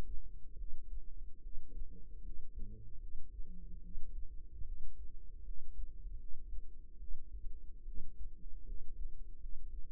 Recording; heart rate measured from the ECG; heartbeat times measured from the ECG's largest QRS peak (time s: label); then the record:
heart sounds by microphone in the right ear; 75 bpm
0.57 s: heartbeat
1.41 s: heartbeat
2.22 s: heartbeat
2.99 s: heartbeat
3.81 s: heartbeat
4.64 s: heartbeat
5.43 s: heartbeat
6.17 s: heartbeat
6.98 s: heartbeat
7.84 s: heartbeat
8.65 s: heartbeat
9.38 s: heartbeat
From the record:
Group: healthy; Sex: female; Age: 22 years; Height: 161 cm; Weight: 65.5 kg